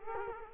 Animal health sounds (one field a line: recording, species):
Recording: mosquito wingbeat signal from an infrared sensor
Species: Culex quinquefasciatus